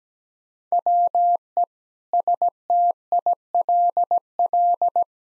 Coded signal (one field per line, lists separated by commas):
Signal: Morse code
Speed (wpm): 17 wpm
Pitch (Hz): 700 Hz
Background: none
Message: WE STILL